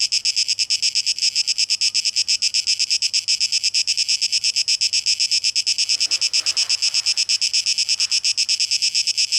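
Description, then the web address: Cicadas produce a steady, high, rattling buzz of rapid pulses; a soft hiss swells briefly in the second half. Cicadas recorded on 12 August 2023. "rauschpartikel Audio 2023-08-12 Zikaden"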